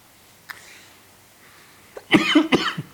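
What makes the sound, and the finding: Adult. Cough.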